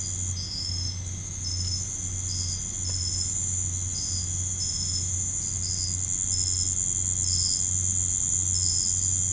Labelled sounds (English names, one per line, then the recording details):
none
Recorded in pastures near Puerto Asís, Putumayo, Colombia, on 15 December 2024 at 03:30
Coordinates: 0.505, -76.324
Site G063